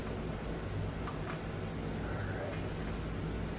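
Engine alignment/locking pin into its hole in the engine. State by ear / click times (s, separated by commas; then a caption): not seated / none. A smaller engine locking pin, numbered 1164, is being handled at a hole in the back of a Dodge Durango SRT engine during a cam job, before it is pushed in until it engages. A steady low hum fills the clip, with a couple of faint, brief handling sounds near 1.1 and 1.3 seconds. Nothing has seated or clicked yet.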